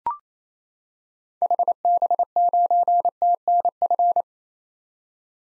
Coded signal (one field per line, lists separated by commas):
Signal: Morse code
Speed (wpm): 28 wpm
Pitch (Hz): 700 Hz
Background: none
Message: HB9TNF